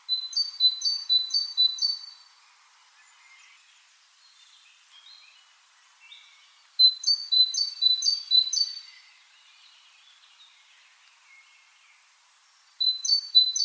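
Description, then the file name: Great tit singing three bursts of rhythmic high-low two-note phrases, the last cut short, with softer chirps from other birds in the gaps between bursts. "Parus major"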